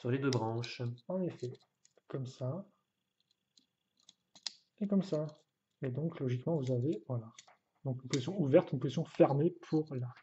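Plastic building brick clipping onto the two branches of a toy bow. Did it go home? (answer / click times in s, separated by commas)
yes / 3.6 s, 4.5 s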